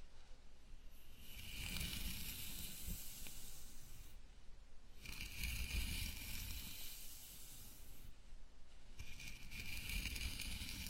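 A scalp massage with soft, hissing strokes of fingers rubbing through hair. The bright, scratchy swishes come in long passes of two to three seconds, about three in all, over a low, steady rumble with brief pauses between strokes.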